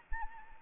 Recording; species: mosquito wingbeat signal from an infrared sensor; Anopheles arabiensis